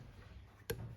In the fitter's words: I'm going to turn the turret, making sure I hear the click. So I've got the yellow lens.